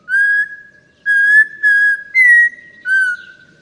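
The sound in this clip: Audubon's Oriole whistled song: five pure, sustained whistles at a similar pitch, the fourth a little higher and falling, spaced under a second apart.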